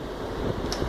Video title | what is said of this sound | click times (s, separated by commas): DEMO VIDEO OF HOMOGENIZER/EMULSIFIER WT-500. BY UNIGENETICS INSTRUMENTS INDIA | make a click sound this is the Locking position | 0.7 s